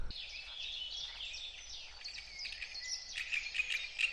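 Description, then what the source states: Great Reed Warbler song, harsh grating and chattering phrases, softer in the first three seconds, with a louder buzzy run of notes afterward. Two birds singing in reed beds by a lake, stimulating each other; the nearer one recorded with a large parabolic microphone.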